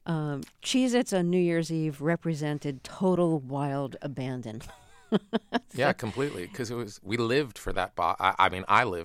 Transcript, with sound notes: Cheez-Its on New Year's Eve represented total wild abandon (laughter).
Yeah, completely 'cause it was - we lived for that box.